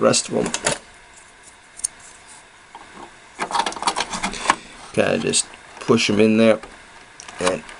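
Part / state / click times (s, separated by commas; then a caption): SIMM memory module into motherboard memory socket / not seated / none. Someone talks while handling 30-pin SIMM memory modules, pushing one upright into its memory socket on a 486SX-20MHz motherboard, where metal retaining tabs are meant to catch it. Short, sharp handling taps come at about 1.9 s and in a cluster from 3.7 to 4.5 s. The clip ends before the module goes home, so nothing has seated or clicked yet.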